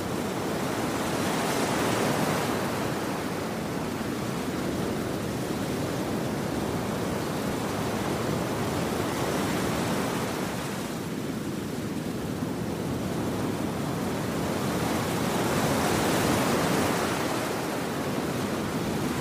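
Ocean waves roll in a steady, dense wash of surf, swelling slightly around two, ten and sixteen seconds, with no other sounds.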